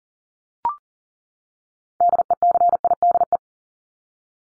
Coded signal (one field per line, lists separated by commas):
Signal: Morse code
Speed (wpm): 40 wpm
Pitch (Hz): 700 Hz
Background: none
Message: DECIDE